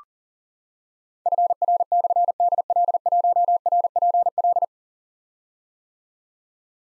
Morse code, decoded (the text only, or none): FR/DL1RPL